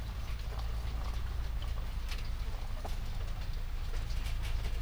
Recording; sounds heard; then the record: poultry house recording; sick chickens (respiratory disease)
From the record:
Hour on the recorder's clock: 20